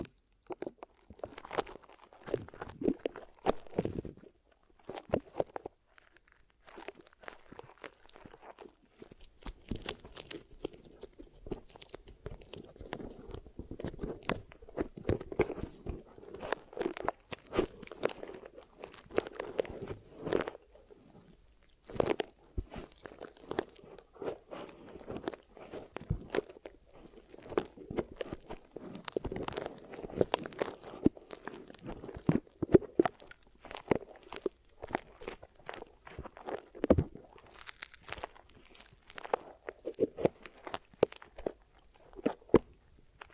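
Ear massage and cleaning with glue: a steady run of sticky, crackling squelches and rubbing that never pauses across the whole stretch. Sharp pops and clicks cut through every second or so, over a faint bright hiss and a low, muffled rubbing tone.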